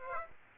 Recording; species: mosquito wingbeat signal from an infrared sensor; Aedes aegypti